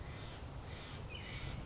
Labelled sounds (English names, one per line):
Steller's Jay